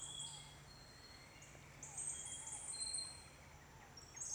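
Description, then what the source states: Birds singing in a dawn chorus, with thin, high, drawn-out whistles and softer lower notes over a steady low hum. Birds singing at dawn.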